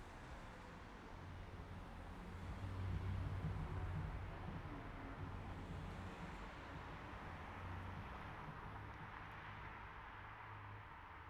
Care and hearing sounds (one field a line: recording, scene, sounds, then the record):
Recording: everyday scene through a hearing-aid microphone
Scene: in traffic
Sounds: traffic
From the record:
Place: city secondary road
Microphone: behind the ear, right, rear